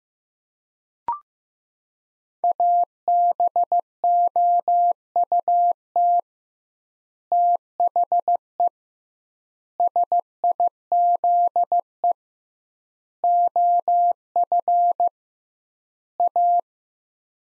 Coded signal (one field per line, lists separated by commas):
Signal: Morse code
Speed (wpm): 15 wpm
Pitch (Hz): 700 Hz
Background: none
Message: ABOUT THE SIZE OF A